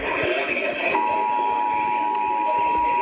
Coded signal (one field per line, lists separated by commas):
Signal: Emergency Alert System (SAME) tones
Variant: 853 and 960 Hz attention tone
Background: speech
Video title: Severe Thunderstorm Warning EAS #60